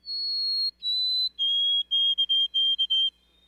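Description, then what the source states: White-throated Sparrow song, pure whistled notes: two long steady high tones, then a string of shorter lower repeated whistles, clean and quiet behind. Song known by the mnemonic 'oh, sweet Canada, Canada, Canada'.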